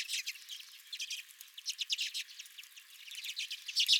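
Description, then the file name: Redpoll flock giving steady rapid twittering and rattling chatter, several birds overlapping, calls rising in strength toward the end. Several redpolls at the recordist's own feeder. "Redpolls at My Feeder"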